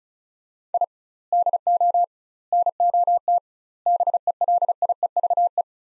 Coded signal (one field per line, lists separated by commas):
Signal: Morse code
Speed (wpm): 36 wpm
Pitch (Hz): 700 Hz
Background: none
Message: I DO NOT BELIEVE